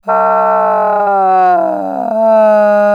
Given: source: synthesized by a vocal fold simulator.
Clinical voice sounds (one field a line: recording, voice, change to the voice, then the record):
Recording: sustained vowel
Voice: female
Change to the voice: asymmetry, level 45 of 51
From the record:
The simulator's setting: 5.40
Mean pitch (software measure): 160 Hz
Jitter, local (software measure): 0.74%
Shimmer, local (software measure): 5.9%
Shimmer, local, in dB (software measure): 0.46 dB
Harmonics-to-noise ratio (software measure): 18.5 dB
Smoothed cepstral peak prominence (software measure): 14.2 dB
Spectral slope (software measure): -20.4 dB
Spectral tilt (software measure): -12.9 dB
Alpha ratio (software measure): -10.9 dB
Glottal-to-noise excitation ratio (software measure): 0.855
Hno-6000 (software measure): 2.6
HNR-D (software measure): 29.0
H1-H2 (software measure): 2.9 dB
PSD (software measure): 2.2e-03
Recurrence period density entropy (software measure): 0.124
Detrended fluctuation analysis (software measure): 0.0229